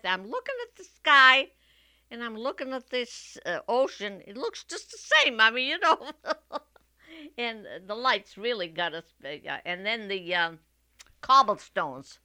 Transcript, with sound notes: I'm looking at the sky, and I'm looking at this ocean. It looks just the same. I mean, you know? ( she laughs ) And the lights really got us. And then the, uh, cobblestones,